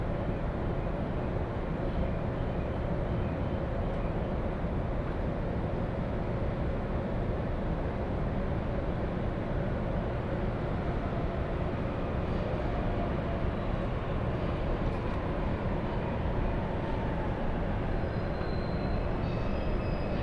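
A Joban Line local train rides from Ishioka toward Toride, its interior filled with a steady, dense low rumble and rattling clatter that never lets up. Toward the end, faint higher tones and a light whine rise briefly over the constant running noise.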